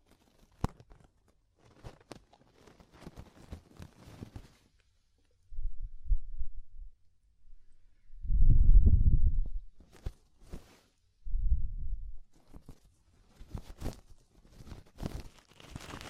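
Ear cleaning: sharp, dry crackles and clicks come in scattered bursts over the first few seconds and return near the end. In between, deep muffled rubbing swells rise and fade, loudest around the ninth second, with near silence between sounds.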